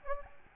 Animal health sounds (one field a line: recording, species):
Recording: mosquito wingbeat signal from an infrared sensor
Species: Aedes albopictus